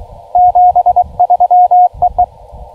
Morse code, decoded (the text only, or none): 73EE